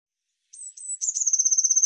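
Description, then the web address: Eurasian blue tit giving a few thin, high introductory notes followed by a fast, steady, high-pitched trill. No other sound is heard. "cianscape birddata Deverinetal 2025 File cleaned normalized Bird Cy Ca"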